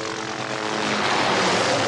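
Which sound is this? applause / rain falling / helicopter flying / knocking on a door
helicopter flying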